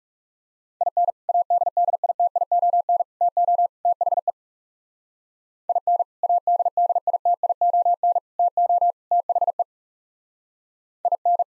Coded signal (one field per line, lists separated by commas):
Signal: Morse code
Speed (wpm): 36 wpm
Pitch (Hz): 700 Hz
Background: none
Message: IN ADDITION TO THE IN ADDITION TO THE IN